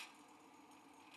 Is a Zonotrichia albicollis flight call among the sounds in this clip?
no